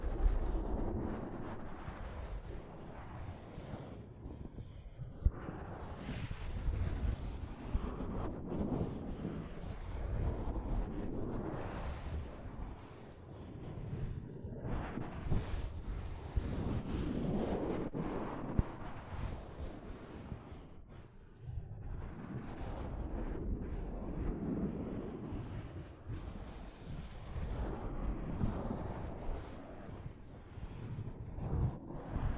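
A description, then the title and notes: Soft fabric brushes against a microphone in a continuous, rumbling rustle, heavy in the low end with muffled swells. The rubbing rises and falls in uneven waves throughout, with a few sharper bumps near five, fifteen and eighteen seconds. ASMR Mic Brushing using Soft Fabric (No Talking).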